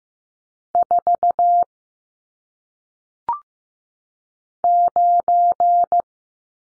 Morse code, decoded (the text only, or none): 4 9